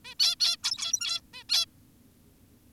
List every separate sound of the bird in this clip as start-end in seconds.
0.05-0.15, 0.20-0.35, 0.40-0.57, 0.64-1.21, 1.33-1.44, 1.50-1.66